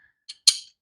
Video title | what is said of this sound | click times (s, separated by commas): CZ P10C Unboxing Review | and locks in place. | 0.5 s